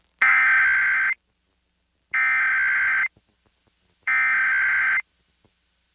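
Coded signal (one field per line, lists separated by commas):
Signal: Emergency Alert System (SAME) tones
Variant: header bursts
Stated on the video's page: National Periodic Test heard on WTOP-FM 103.5 MHz; attention tone and header aired twice by mistake.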